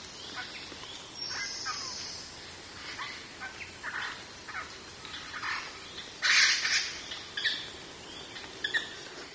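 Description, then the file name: Japanese grosbeak calls: short, sharp chirping notes scattered throughout, with one louder burst of clipped notes after the middle, over a steady background hiss. "ikaru"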